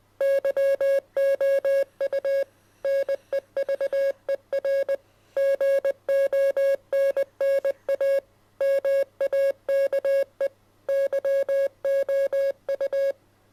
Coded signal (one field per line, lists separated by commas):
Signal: Morse code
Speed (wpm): 20 wpm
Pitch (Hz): 550 Hz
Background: music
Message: YOU NEVER GONNA MAKE YOU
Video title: Can you decode this morse code message?